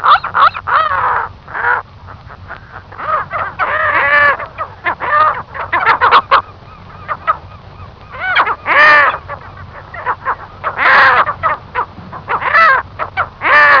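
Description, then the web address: Saunders's gull giving harsh, nasal, crow-like calls in irregular bursts with short pauses. "larus saundersi"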